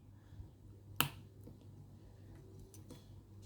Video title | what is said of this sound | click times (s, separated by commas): Frying my old 3D printer board was an opportunity | okay reassuringly clicks into place | 1.0 s